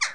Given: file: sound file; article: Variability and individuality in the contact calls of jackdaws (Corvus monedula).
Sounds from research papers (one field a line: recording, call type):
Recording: jackdaw call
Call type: harmonic